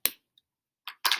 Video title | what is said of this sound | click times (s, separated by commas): Mon. 11/2/20 Math Lesson 35A | cap your marker make sure you hear it snap if you need help ask a grown up | 0.1 s